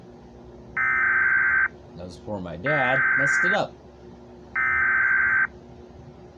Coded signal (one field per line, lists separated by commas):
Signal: Emergency Alert System (SAME) tones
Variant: header bursts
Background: speech